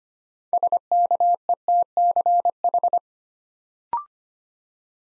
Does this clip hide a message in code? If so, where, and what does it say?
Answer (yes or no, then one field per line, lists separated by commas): yes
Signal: Morse code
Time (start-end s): 0.5-3.0 s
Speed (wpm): 25 wpm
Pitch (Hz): 700 Hz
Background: none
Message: SKETCH